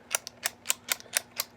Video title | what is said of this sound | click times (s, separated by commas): Big Doug Outdoors Crossbow Reviews | each time you hear it click that locks it in place | 0.1 s, 0.5 s, 0.7 s, 0.9 s, 1.2 s, 1.4 s